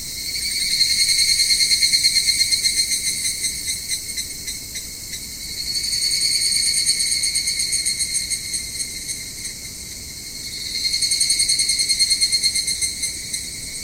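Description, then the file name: Evening cicada chorus swelling and fading in three long waves of fast, throbbing pulses, with a constant high-pitched insect buzz beneath. "higurashi"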